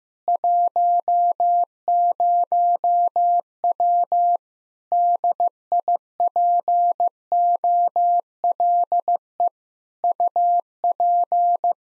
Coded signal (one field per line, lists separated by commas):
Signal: Morse code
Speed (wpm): 15 wpm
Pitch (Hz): 700 Hz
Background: none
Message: 10W DIPOLE UP